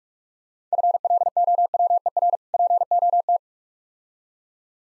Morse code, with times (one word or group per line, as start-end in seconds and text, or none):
0.7-2.4 FLOWER
2.5-3.4 POT